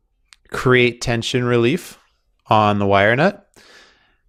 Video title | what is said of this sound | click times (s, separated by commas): Irrigation Valve Installation from Mainline to Lateral Lines with Commentary | Snap the cap on the top. | 0.3 s